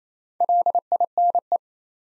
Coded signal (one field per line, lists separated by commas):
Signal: Morse code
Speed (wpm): 27 wpm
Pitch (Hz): 700 Hz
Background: none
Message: LINE